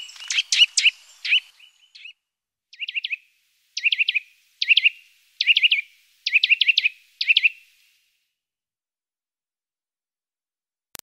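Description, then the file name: Eurasian nuthatch delivering a string of short bright note groups, each of a few notes, before falling silent near the end. "Sittelle torchepot"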